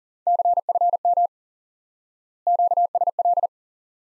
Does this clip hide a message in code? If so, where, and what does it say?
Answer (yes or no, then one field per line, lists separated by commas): yes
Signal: Morse code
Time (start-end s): 0.3-3.5 s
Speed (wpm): 40 wpm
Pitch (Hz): 700 Hz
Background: none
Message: CFM QSL